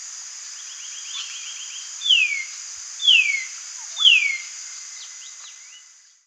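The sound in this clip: White-naped monarch calls: a quick run of soft notes, then three clear descending whistles about a second apart, with faint extra chirps.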